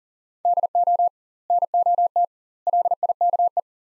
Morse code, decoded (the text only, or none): DO NOT LIKE